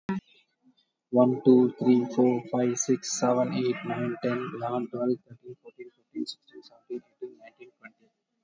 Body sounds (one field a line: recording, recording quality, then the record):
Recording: counting at a normal pace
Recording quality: excellent, no background noise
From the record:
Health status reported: COVID-19 positive, no symptoms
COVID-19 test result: positive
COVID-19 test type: RT-PCR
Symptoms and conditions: fatigue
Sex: male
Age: 36 years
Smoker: no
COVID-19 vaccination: one dose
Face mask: worn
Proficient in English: yes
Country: India